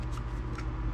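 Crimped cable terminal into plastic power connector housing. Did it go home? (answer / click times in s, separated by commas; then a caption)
no / none. A tight-fitting crimped lug terminal on a cable is worked into a plastic power connector housing while finishing the interior of a 1990 one-ton Bronco restomod. Handling sounds play over a steady low hum, with two brief sharp ticks around 0.2 and 0.6 seconds. Nothing has seated or clicked yet; the terminal is not home.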